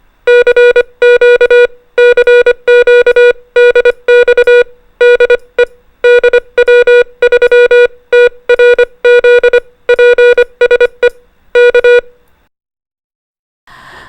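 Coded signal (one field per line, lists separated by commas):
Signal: Morse code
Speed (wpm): 25 wpm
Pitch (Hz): 480 Hz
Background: music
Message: CQ CQ DX DE DW3TRZ PSE K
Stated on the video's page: Morse code trainer sending CW prosigns and most commonly used abbreviations.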